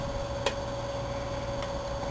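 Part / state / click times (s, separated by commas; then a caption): rear main bearing shell in the engine block saddle / seated / 0.5 s. A rear main bearing insert for a Chevy engine is pressed by hand into its saddle in the engine block, its tab going into the notch. One short, sharp snap at 0.5 s marks the shell seating in place, over a steady background hum.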